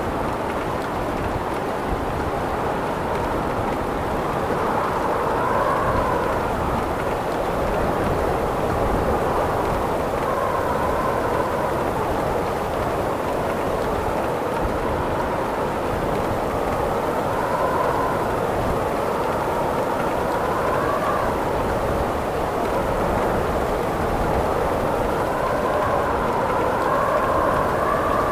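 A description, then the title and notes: Steady, dense rain and wind hold a low, even roar for the whole time, with a faint whistling tone rising and falling throughout. Rain and Wind Sounds.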